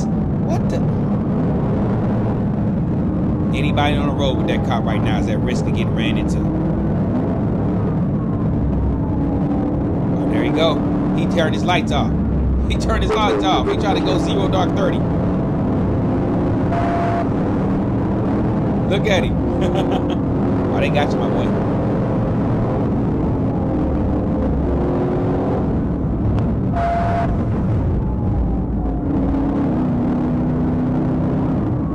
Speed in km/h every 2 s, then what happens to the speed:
147, 138, 135, 137, 130, 135, 129, 134, 145, 142, 147, 140, 134, 108, 111, 118.
0-11 slows to 129. 13-16 speeds up to 145. 16-21 steady at about 145. 21-25 brakes to 108. 25-32 steady at about 111.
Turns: none.